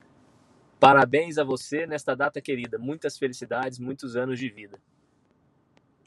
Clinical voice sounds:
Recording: short text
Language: Brazilian Portuguese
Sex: male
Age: 30 to 39 years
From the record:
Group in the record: control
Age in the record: 39 years

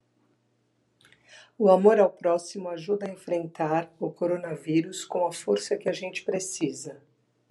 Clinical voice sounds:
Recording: spoken sentence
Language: Brazilian Portuguese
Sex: female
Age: 50 to 59 years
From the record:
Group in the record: control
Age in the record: 57 years

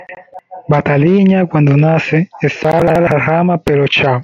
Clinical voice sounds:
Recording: short text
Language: Brazilian Portuguese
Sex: male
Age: 20 to 29 years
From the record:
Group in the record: control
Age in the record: 29 years

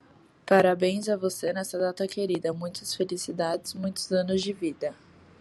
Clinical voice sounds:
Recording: short text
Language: Brazilian Portuguese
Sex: female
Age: 20 to 29 years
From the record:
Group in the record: control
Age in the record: 26 years

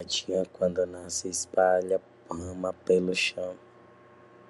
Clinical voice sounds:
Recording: short text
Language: Brazilian Portuguese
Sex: male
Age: 20 to 29 years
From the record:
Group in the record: control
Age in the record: 23 years

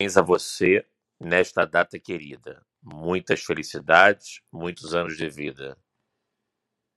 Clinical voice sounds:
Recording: short text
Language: Brazilian Portuguese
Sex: male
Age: 50 to 59 years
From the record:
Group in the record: control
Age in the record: 50 years

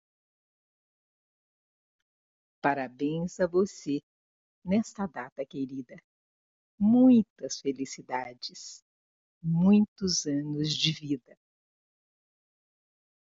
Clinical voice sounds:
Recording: short text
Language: Brazilian Portuguese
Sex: female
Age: 60 to 69 years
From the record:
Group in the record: control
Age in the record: 68 years

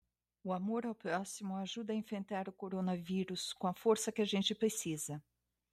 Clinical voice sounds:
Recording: spoken sentence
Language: Brazilian Portuguese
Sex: female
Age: 50 to 59 years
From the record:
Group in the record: control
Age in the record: 55 years

